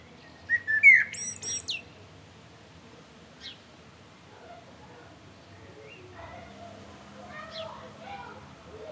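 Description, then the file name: Common blackbird song: one fluty warbled phrase ending in a high squeaky flourish, followed by quiet, with faint bird notes. "Turdus merula"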